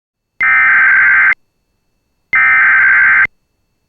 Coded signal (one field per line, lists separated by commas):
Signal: Emergency Alert System (SAME) tones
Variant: header bursts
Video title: EAS- New Mexico Statewide Child Abduction Emergency (CAE) On GWES Stream (11/25/23)